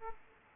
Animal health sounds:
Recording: mosquito wingbeat signal from an infrared sensor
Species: Aedes aegypti

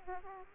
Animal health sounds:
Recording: mosquito wingbeat signal from an infrared sensor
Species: Aedes aegypti

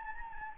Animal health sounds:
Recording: mosquito wingbeat signal from an infrared sensor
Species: Anopheles gambiae

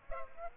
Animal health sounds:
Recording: mosquito wingbeat signal from an infrared sensor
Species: Aedes aegypti

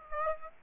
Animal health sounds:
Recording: mosquito wingbeat signal from an infrared sensor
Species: Aedes aegypti

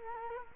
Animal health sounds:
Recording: mosquito wingbeat signal from an infrared sensor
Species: Culex quinquefasciatus

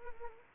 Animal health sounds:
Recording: mosquito wingbeat signal from an infrared sensor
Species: Anopheles arabiensis

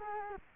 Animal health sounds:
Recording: mosquito wingbeat signal from an infrared sensor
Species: Culex quinquefasciatus

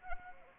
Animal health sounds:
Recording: mosquito wingbeat signal from an infrared sensor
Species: Anopheles arabiensis

